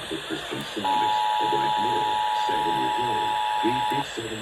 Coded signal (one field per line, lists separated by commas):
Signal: Emergency Alert System (SAME) tones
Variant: 853 and 960 Hz attention tone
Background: speech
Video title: (FOUND) #FLAMBER ON MULTIPLE STATIONS - 2/25/24 (EAS #1430-1439)